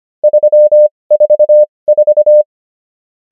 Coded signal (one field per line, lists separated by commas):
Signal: Morse code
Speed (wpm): 25 wpm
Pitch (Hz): 600 Hz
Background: none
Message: 344